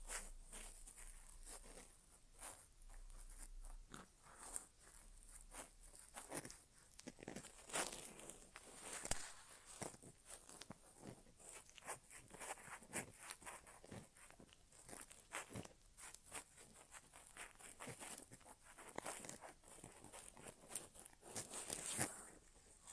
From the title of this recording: ASMR Inner Ear Exam (No Talking)